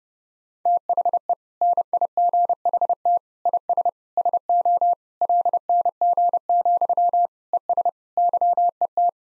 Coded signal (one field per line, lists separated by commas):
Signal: Morse code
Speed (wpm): 31 wpm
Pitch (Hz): 700 Hz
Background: none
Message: THE NIGHT IS SO LNG, ES YET